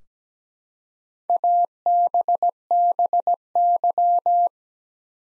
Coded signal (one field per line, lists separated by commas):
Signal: Morse code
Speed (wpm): 17 wpm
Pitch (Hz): 700 Hz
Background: none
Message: ABBY